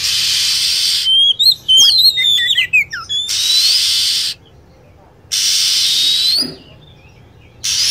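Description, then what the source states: Lovebird calls: a burst of fast squeaky chirps and falling whistles among stretches of rough hissing noise and short silences. Lure sound used to attract lovebirds.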